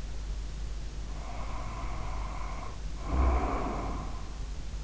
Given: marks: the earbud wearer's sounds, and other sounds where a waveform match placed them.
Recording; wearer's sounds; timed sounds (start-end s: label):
sounds in sleep by an in-ear microphone; snoring breath
1.02-4.44 s: snoring breath